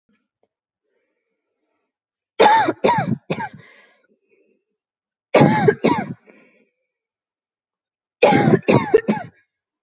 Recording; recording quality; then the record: heavy voluntary cough; excellent, no background noise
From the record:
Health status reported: healthy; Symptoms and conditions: none ticked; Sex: female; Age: 20 years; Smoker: not ticked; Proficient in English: yes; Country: India